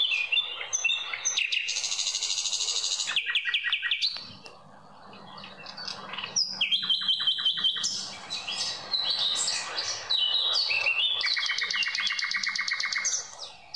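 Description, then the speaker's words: Nightingale song, a rich, varied run of high buzzy trills, rapid repeated clicks and sweeping whistled phrases. Played on a radio programme; the host remarks how beautifully it sings. "Este es el canto del ruiseñor. Qué lindo canta, ¿no?"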